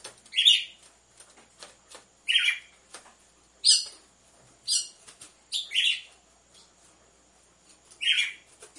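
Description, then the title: Red-cowled cardinal calling with seven quick, clear chirps at irregular gaps, two of them close together, and light clicking behind. Female song, used to warm up males; with the beat of two males. "Canto Galo Campina Fêmea 01. ESQUENTE GALO DE CAMPINA COM BATIDA DE DOIS MACHOS"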